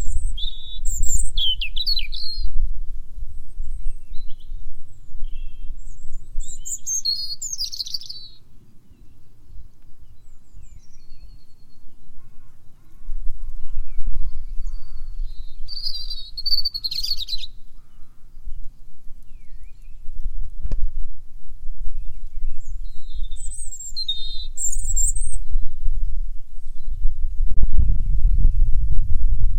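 A robin sings in short, high, thin phrases with pauses between, bursts coming around the start, near eight seconds, mid-clip and near twenty-five seconds. Other faint calls are present. A low outdoor rumble runs throughout, swelling loudest at the end.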